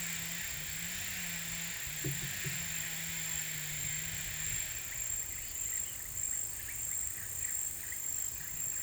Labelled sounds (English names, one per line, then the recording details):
none
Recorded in pastures near Puerto Asís, Putumayo, Colombia, on 27 June 2025 at 16:00
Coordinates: 0.486, -76.323
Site H29